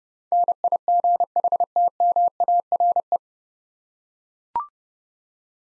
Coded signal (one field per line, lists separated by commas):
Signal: Morse code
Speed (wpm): 30 wpm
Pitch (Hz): 700 Hz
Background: none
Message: NIGHTMARE